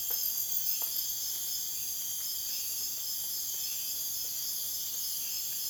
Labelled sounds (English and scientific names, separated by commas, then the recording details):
none
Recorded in dense forest near Puerto Asís, Putumayo, Colombia, on 23 June 2025 at 02:00
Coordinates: 0.484, -76.325
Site H65